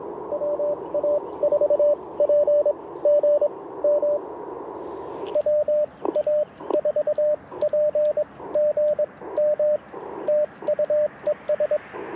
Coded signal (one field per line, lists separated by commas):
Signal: Morse code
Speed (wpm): 22 wpm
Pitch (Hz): 590 Hz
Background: radio noise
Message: WA4P GM WA4P GM TU ES